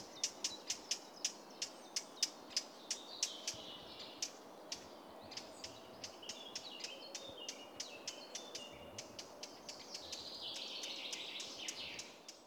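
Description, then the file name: Eurasian blackcap calling a steady series of hard tac clicks, roughly three per second, over faint background birdsong that grows fuller near the end. "Sylvia atricapilla"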